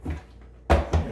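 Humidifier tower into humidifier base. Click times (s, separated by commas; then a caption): 0.7 s. The filter tower of a Bionaire BCM740B humidifier, fitted with an E filter, is set back onto its base and turned with the knob to lock it. A sharp plastic click at 0.7 s shows the tower seating into the base, followed by a softer knock at about 0.9 s.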